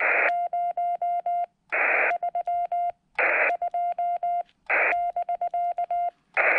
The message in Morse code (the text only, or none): 032 <BK>